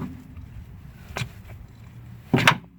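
The front drive axle (CV shaft) of a 2000 Honda Accord is pushed into the transmission differential over a low background rumble, with a brief sharp tick at 1.2 s. A scraping burst at 2.3 s ends in a loud, sharp snap at 2.5 s as the axle's retaining clip snaps home. The axle is confirmed fully seated in the transmission.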